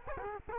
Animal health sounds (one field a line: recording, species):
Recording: mosquito wingbeat signal from an infrared sensor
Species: Culex quinquefasciatus